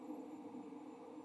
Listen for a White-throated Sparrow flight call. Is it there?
no